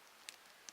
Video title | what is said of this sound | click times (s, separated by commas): The Walking Dead Governor Comic Figure Review(31 Horror Toys In 31 Days)#10 | And that one snaps back in. | 0.3 s